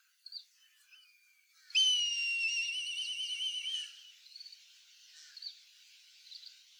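Black kite giving a loud, drawn-out whistled call of about two seconds, held fairly steady with slight tremor, amid scattered faint high chirps.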